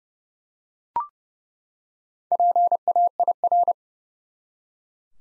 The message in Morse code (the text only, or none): PAIR